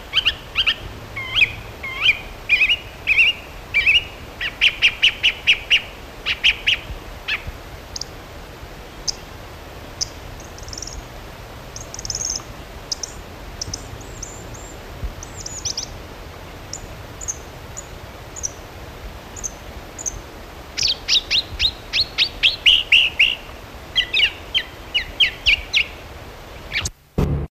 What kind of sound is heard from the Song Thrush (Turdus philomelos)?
song